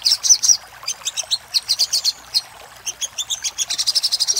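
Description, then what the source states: Little spiderhunter song: rapid bursts of high, sharp chipping notes, some short trilled runs, with a brief pause before a fast, even final series. Used for training cage birds.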